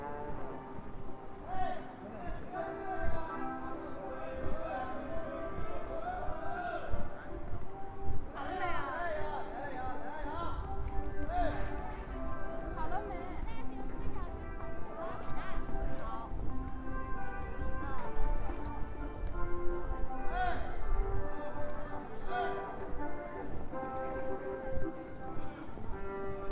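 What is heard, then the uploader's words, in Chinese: Andong Old Street in Dandong, with people talking throughout over a steady bed of sustained, layered tones, likely music playing. A low rumble swells in from about ten to twenty-one seconds, and sharp taps and clicks, like hoofbeats or footsteps, recur across the clip. 丹东，安东老街。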